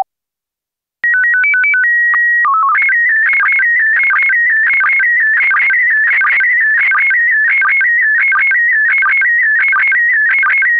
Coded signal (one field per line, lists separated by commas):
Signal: SSTV (slow-scan television)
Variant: PD 90